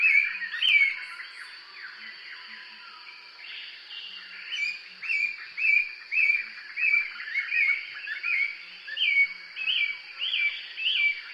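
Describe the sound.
Thrush giving a run of repeated short whistled phrases, with a faint continuous high hum.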